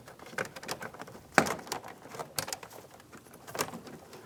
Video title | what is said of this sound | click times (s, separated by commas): How to Install Tow Mirror 2000-2006 Chevrolet Tahoe | press it in, listen for a click, continue on up the line. | 1.4 s